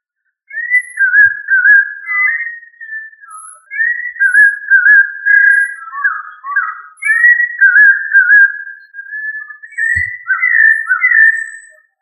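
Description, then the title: Thrush song, a continuous run of rich whistled phrases that rise and fall, warbling with varied notes and brief pauses between phrases. "Familia Turdidae - Sabia"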